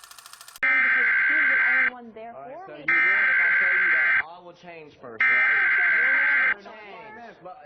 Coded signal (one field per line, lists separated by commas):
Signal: Emergency Alert System (SAME) tones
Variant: header bursts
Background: speech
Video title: Disturbing EAS Incidents